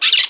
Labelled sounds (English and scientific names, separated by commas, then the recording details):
Brown-throated Parakeet (Eupsittula pertinax) contact call
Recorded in Margarita
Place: San Francisco, near stadium
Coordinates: 11.018, -64.294